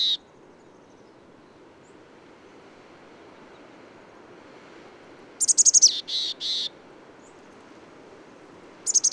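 Bird song: a high trilled phrase ending in two lower buzzy notes, plus brief fragments at the start and end, separated by quiet.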